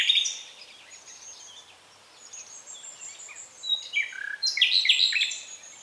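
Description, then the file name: Common nightingale song: a brief loud note at the start, soft scattered notes, then a short loud phrase of rapid, tumbling whistles and trills near the end. "Luscinia megarhynchos"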